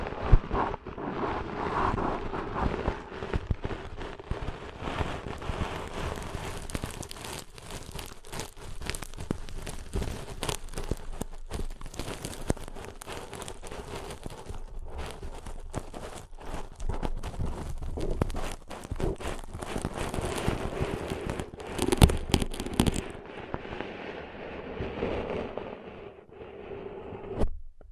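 Ear cleaning sounds play in a dense, constant stream of rapid scratchy crackles and rustles, with sharp clicks and pops scattered throughout. A steady low hum runs underneath. The crackling thins out after about 23 seconds and stops abruptly near the end.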